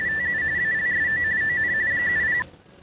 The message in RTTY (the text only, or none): TU ALSO ON 70